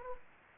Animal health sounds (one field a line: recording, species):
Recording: mosquito wingbeat signal from an infrared sensor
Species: Anopheles gambiae